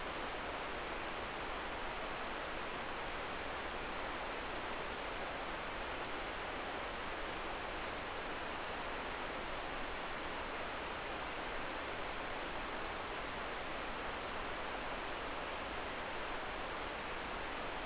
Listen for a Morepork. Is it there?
no